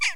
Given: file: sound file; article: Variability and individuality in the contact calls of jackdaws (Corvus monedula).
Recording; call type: jackdaw call; harmonic